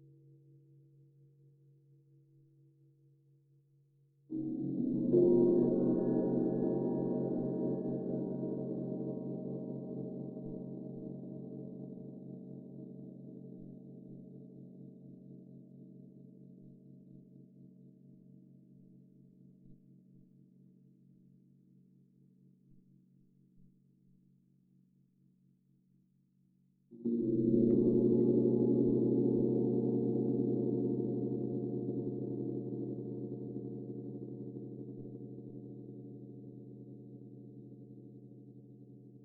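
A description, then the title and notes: Celestial gongs are struck twice, near 4 and 27 seconds, each blooming into a rich, low, shimmering hum. Each long tone fades slowly without stopping, the first still ringing faintly as the second strike lands, and a soft steady drone lingers underneath throughout. Meditation Five Celestial Gongs.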